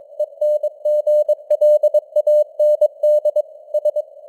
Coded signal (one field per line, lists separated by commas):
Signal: Morse code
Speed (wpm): 22 wpm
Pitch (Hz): 600 Hz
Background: none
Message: ENGLAND S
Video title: Morse Code News | 2025-12-12 | 22wpm